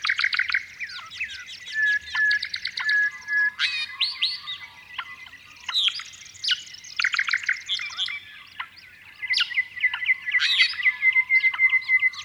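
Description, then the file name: Honeyeaters in a lively chorus of rapid chattering chirps and fluty whistles, phrases tumbling over one another, with a sustained whistle near the end. "Honeyeaters Sing"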